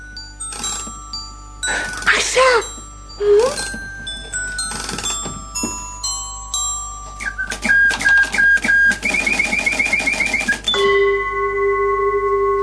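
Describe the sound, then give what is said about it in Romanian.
A clock in a small turret is wound with uneven ratcheting clicks and clunks, then chimes in a quick run of bright repeated bell notes that settle into a sustained ringing tone. A voice briefly speaks. “Asta trebuie să fie de la ceasul acela din turnuleț. Da, am o idee. Ce idee? Ce-ar fi să întoarcem ceasul?”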